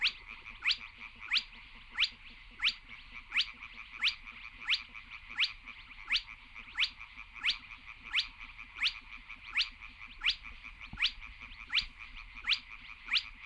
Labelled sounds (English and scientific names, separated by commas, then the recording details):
Spotted Crake (Porzana porzana)
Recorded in the wild
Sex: male
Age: adult
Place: Kützerhof, Kummerower See, Mecklenburg-Vorpommern, DE
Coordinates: 53.8564, 12.86
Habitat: wetland
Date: 2009-05-07 23:25
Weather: bedeckt, windstill, ca. 10°C
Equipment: Sound Devices 702, Sennheiser MKH 70, Rycote Windschutz
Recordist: Frommolt, Karl-Heinz